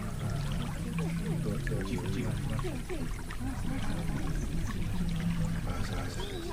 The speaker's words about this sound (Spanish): Yo les propongo ahora detenernos en el sonido del río y dejar que nuestros sueños fluyan con los otros, que vienen de muy lejos.